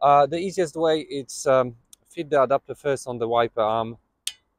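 Someone talks while fitting a plastic adapter onto the metal hook of the wiper arm on a 2015–2021 Vauxhall Astra K with butterfly-type windscreen wipers. At 4.3 s there is a sharp click as the adapter snaps home, seated on the arm.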